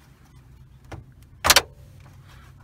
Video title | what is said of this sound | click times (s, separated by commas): GMC Sierra/Chevy Silverado Radio/Stereo/Deck Installation/Replacement Video | There we go. Two clicks. | 1.5 s, 1.6 s